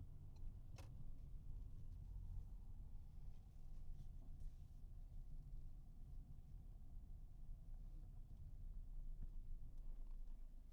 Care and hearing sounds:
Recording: everyday scene through a hearing-aid microphone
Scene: in a vehicle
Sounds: engine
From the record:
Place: Berlingo II, diesel engine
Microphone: behind the ear, right, rear

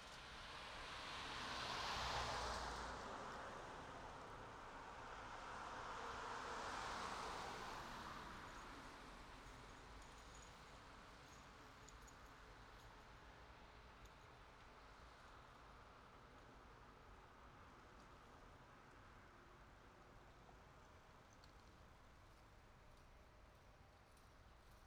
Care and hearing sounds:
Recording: everyday scene through a hearing-aid microphone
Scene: in traffic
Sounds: traffic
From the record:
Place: city secondary road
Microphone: in the ear canal, right

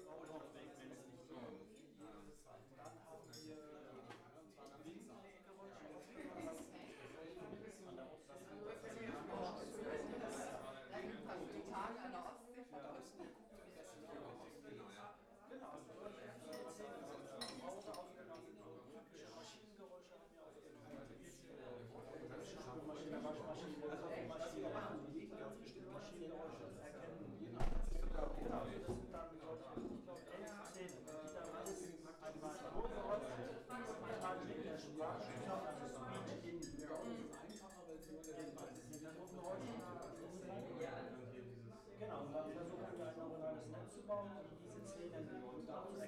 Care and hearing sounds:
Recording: everyday scene through a hearing-aid microphone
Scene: many people talking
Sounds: many voices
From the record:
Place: bistro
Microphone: behind the ear, left, rear

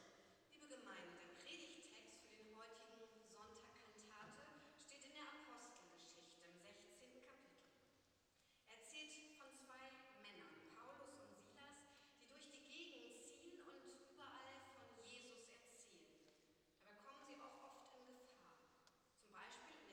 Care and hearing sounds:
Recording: everyday scene through a hearing-aid microphone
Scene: reverberant space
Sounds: speech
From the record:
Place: church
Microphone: in the ear canal, left

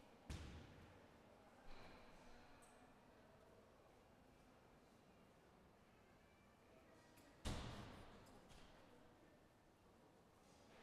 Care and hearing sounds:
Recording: everyday scene through a hearing-aid microphone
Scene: reverberant space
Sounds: background noise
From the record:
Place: railway station hall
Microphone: behind the ear, left, front

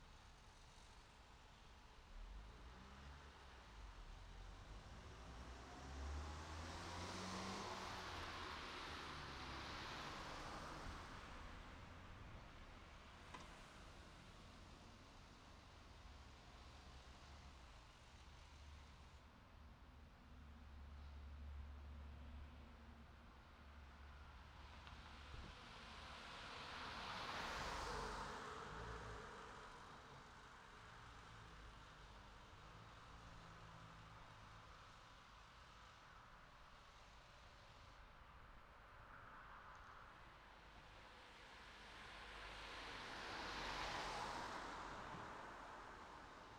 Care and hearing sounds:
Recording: everyday scene through a hearing-aid microphone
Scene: in traffic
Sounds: traffic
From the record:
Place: city secondary road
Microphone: in the ear canal, right

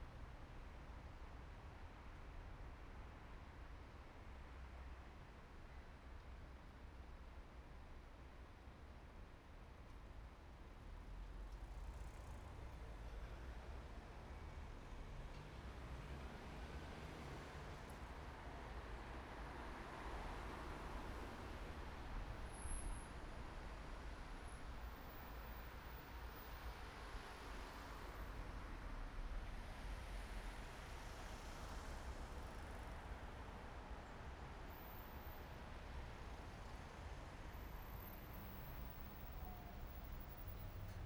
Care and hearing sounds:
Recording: everyday scene through a hearing-aid microphone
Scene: in traffic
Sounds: traffic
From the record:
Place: main city hub, rush hour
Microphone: behind the ear, right, rear

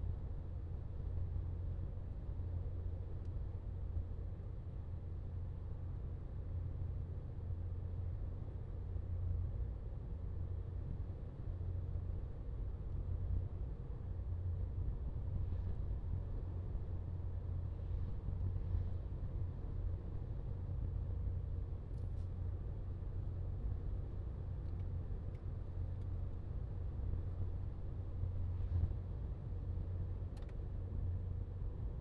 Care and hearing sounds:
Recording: everyday scene through a hearing-aid microphone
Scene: in a vehicle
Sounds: engine, highway driving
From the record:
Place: Skoda Fabia, gasoline engine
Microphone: in the ear canal, left

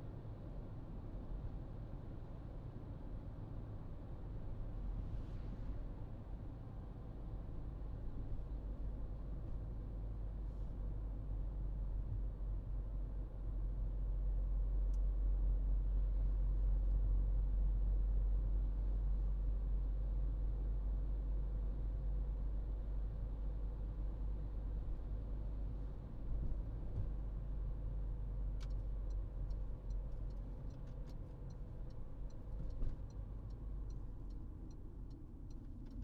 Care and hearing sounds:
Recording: everyday scene through a hearing-aid microphone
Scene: in a vehicle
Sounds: engine, highway driving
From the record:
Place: Berlingo II, diesel engine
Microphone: in the ear canal, right

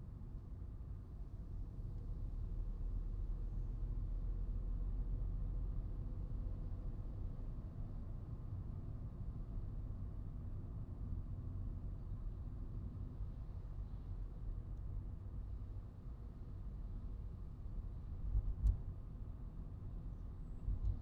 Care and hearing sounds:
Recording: everyday scene through a hearing-aid microphone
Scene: in a vehicle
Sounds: engine, traffic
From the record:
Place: Skoda Fabia, gasoline engine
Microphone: in the ear canal, right

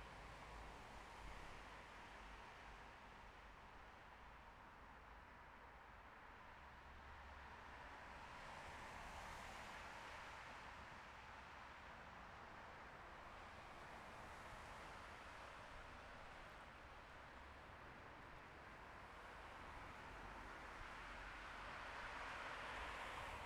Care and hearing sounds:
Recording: everyday scene through a hearing-aid microphone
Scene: in traffic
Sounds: traffic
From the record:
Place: bus stop on a city main road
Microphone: behind the ear, left, front

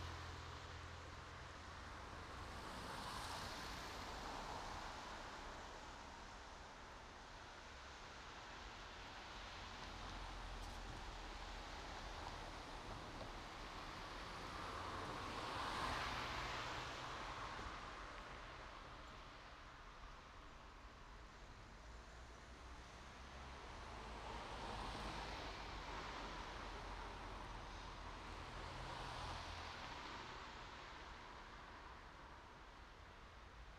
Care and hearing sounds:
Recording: everyday scene through a hearing-aid microphone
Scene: in traffic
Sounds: traffic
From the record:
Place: main road on the outskirts, rush hour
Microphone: in the ear canal, right

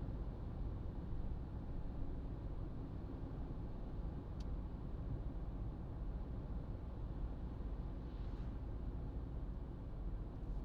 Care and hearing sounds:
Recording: everyday scene through a hearing-aid microphone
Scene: in a vehicle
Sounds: engine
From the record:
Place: Berlingo II, diesel engine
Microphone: in the ear canal, right

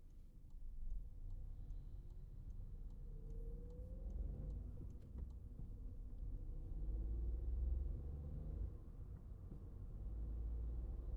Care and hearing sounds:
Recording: everyday scene through a hearing-aid microphone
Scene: in a vehicle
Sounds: engine, highway driving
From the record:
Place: Skoda Fabia, gasoline engine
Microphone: behind the ear, right, rear

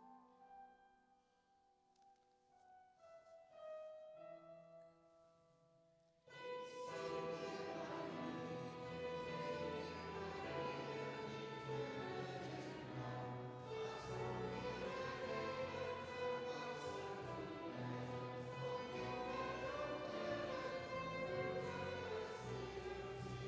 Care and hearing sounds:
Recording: everyday scene through a hearing-aid microphone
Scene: reverberant space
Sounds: music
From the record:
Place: church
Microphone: in the ear canal, left

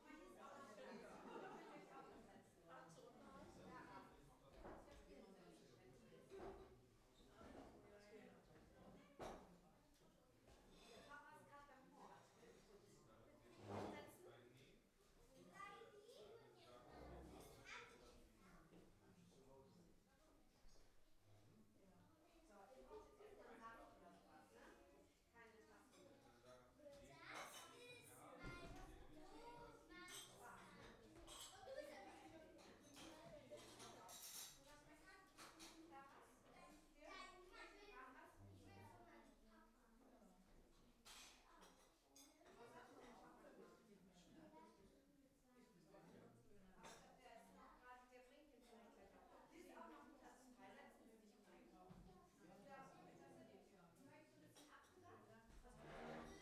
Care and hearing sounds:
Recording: everyday scene through a hearing-aid microphone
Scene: many people talking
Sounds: many voices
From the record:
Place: parish hall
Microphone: behind the ear, right, front

